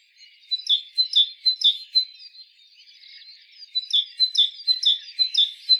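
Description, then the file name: Great tit calls: two bursts of quick, bright chattering notes, about two per second, with a quieter pause between the bursts. "Parus major"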